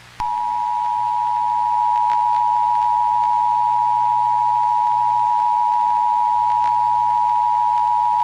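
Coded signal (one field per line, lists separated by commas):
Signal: Emergency Alert System (SAME) tones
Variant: 853 and 960 Hz attention tone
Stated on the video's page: Fan-made EAS mock using a valid EAS tone clip.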